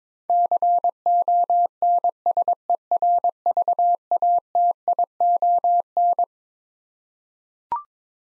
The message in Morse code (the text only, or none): CONSERVATION